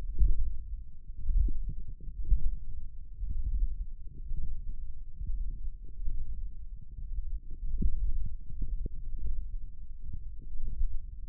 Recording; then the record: forearm muscle sounds (acoustic myography)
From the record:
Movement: hook grip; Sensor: system 1, eight BSWA MPA416 microphones around the upper forearm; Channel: 5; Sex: female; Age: 20 years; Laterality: right